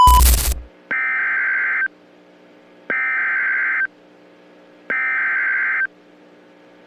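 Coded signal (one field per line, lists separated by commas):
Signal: Emergency Alert System (SAME) tones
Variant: header bursts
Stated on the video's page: Fictional alert tones for an imaginary country.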